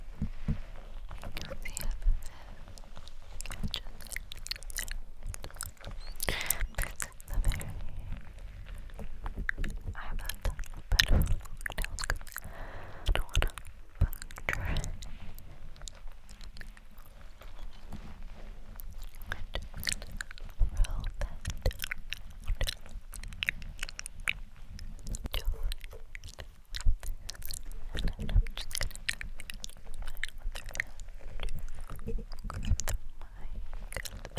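Wet, sticky jelly sounds fill the recording: dense clusters of short squelches, smacks and clicks that keep coming with no steady rhythm. Soft whispering, with no words that can be made out, runs beneath them, and a few louder pops land around 11, 14 and 27 seconds.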